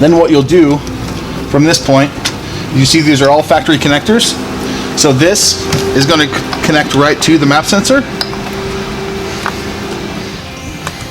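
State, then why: Seated. On an Alfa Romeo 4C, the harness plug of a new MAXPower ECM module is pushed onto the factory MAP sensor connector under the engine cover while someone talks. A sharp click at 10.9 s marks the connector seating.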